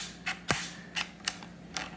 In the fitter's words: they lock into place once your handlebar is all the way level if